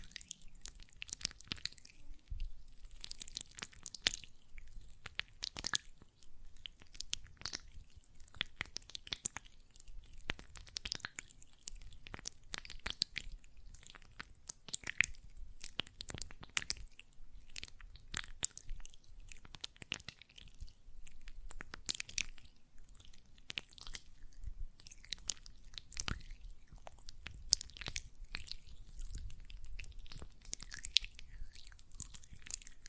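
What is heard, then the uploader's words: Hands work gel lotion in dense, uneven bursts of wet squishing and crackly smacking throughout, with a faint low hum underneath. ASMR Gel Lotion Hand Sounds (No Talking).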